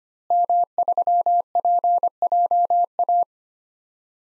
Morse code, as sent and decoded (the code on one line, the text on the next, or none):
-- ...-- .--. .--- .-
M3PJA